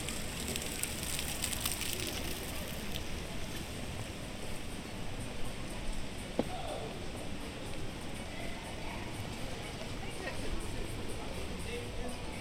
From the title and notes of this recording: We’re back in the city centre in this episode, beside the central circular fountain where both precincts meet with Market Way and Smithford Way. The recordings were captured using a binaural microphone between January and April 2022.